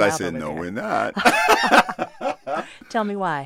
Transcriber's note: laughter